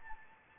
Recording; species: mosquito wingbeat signal from an infrared sensor; Anopheles gambiae